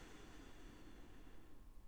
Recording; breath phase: one breath near a microphone; inhalation